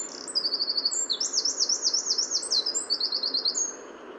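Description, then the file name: Eurasian wren song: fast, high, metallic trills and sharp rising-falling notes tumbling in quick succession for about three seconds, over a soft low background hiss. "Troglodytes troglodytes"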